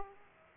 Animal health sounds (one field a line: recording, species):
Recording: mosquito wingbeat signal from an infrared sensor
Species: Aedes aegypti